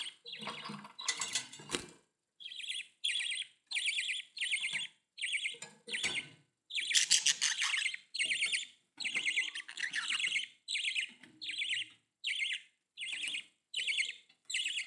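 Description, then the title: Budgerigar calls, a long run of buzzy trilled chirps in quick succession, after some opening squawks. "Budgie Sounds"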